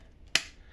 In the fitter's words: and then twist it, and it just clicks into place.